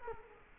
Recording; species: mosquito wingbeat signal from an infrared sensor; Culex quinquefasciatus